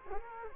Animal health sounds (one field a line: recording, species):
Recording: mosquito wingbeat signal from an infrared sensor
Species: Culex quinquefasciatus